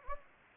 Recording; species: mosquito wingbeat signal from an infrared sensor; Anopheles gambiae